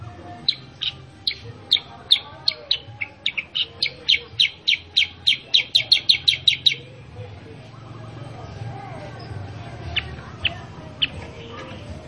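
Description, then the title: Sooty-headed bulbul chattering call, a run of about twenty sharp high notes that speeds up for six seconds and stops, then a few scattered single notes over background hum. Master recording of a very actively singing sooty-headed bulbul, used to train other caged sooty-headed bulbuls to respond and sing actively. "Masteran Kutilang Sutra. Kutilang Sutra mana YANG GAK NYAUT dan IKUT BUNYI GACOR dengan suara Kutilang Sutra Super GACOR Ini"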